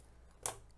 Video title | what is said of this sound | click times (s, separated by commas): Upgrading a Nvidia RTX 3090 Desktop Build | Like that. You heard that click? That means that means these two are engaged. | 0.5 s